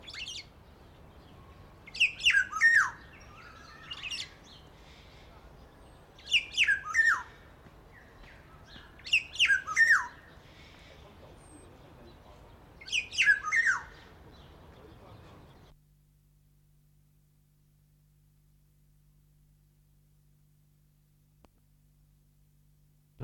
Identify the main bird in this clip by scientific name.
Oriolus chinensis